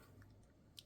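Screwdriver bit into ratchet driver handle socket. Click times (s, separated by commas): 0.8 s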